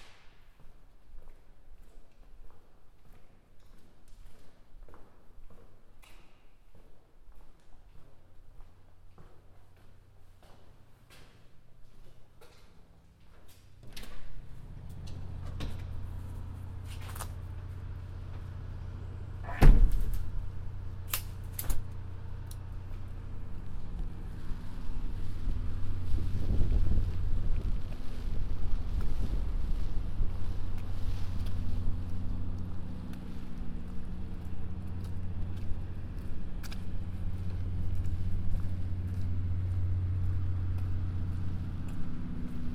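A binaural field recording of a journey across the city. For the first fourteen seconds it is quiet, with scattered clicks and soft taps. A low engine rumble then rises and holds to the end, marked by a sharp bang near twenty seconds and occasional knocks and squeals.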